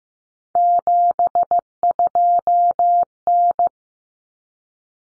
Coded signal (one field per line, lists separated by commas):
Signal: Morse code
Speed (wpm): 15 wpm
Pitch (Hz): 700 Hz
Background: none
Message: 72N